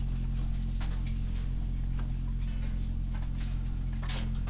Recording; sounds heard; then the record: poultry house recording; sick chickens (respiratory disease)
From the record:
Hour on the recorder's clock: 23